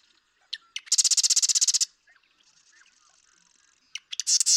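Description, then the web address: Marsh Wren song: clicking notes and then a loud, rapid, buzzy rattle of about a second, followed by soft chatter and a new song beginning. "birdsongforthecurious Marsh Wren"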